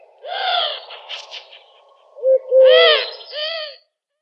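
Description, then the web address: Eurasian collared dove giving harsh, nasal, harmonic-rich calls: one drawn-out call, a brief rougher burst, then a few louder calls near the end. "Schulze Peter Eurasian Collared-Dove calls"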